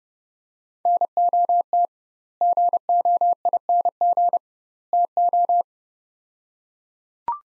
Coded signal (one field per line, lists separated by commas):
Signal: Morse code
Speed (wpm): 30 wpm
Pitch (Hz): 700 Hz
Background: none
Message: NOT GOING TO